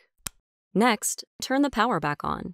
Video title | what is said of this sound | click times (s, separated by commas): Smart Thermostat for Home (Google Nest Thermostat) | position the display with the google logo right side up and push it onto the base until you hear a click | 0.3 s